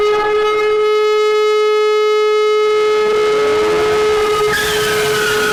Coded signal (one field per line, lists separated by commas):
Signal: telephone call progress tone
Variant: Europe, 425 Hz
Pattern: dial tone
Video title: Пиренея ALT eas сирена